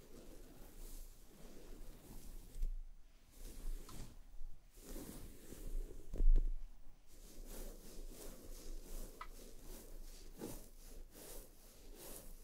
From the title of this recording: massage your scalp and brush your hair